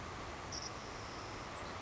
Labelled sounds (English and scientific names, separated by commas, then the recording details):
Savannah Sparrow (Passerculus sandwichensis)
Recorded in Sonoma County, California